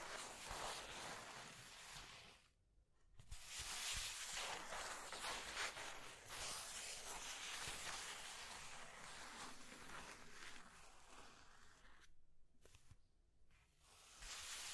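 Continuous scratching and tracing, a dense rough hissing that rises and falls in strokes across the whole clip. It breaks off briefly near 3 seconds and twice around 12 to 13 seconds, then resumes. Low, uneven rumbles sit underneath the bright scraping.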